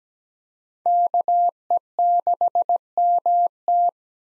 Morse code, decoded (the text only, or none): KE6MT